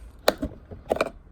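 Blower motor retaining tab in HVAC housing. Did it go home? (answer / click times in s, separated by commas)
released / 0.3 s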